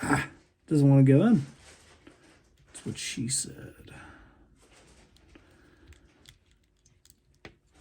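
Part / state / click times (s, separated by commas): plastic peg into peg hole on action figure back / seated / 7.4 s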